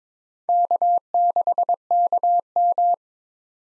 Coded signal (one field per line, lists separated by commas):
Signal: Morse code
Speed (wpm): 22 wpm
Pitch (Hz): 700 Hz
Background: none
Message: K6KM